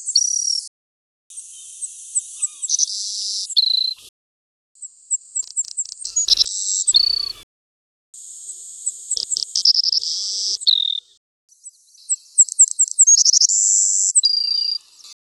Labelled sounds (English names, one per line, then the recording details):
Savannah Sparrow song
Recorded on Kent Island, New Brunswick, in 1993